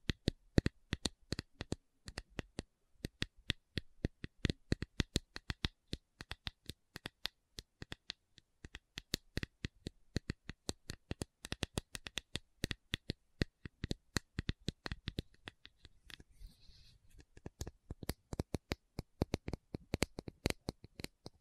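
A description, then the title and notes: A tapping session of quick, sharp taps running throughout, each one a crisp click spread from low to bright. The taps come in dense, uneven clusters with brief gaps, and around sixteen seconds a soft rustle sits under a short lull before the tapping picks up again. ASMR 1 Hour Tapping Session (No Talking).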